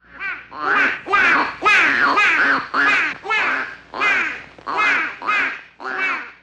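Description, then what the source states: Bird giving loud, nasal, harmonic calls in bursts of about half a second, repeating steadily almost twice a second with a quacking, chattering quality. Background bird ambience.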